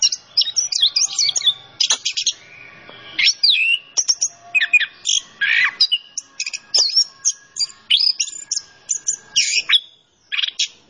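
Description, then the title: Orange-headed thrush singing a rapid, varied song of sharp whistles, slurred notes and trills in quick bursts with brief pauses, high-pitched throughout. Bird singing vigorously (gacor); masteran for training songbirds. "Anis Kembang Gacor. Kicau Mania Masteran Anis Kembang"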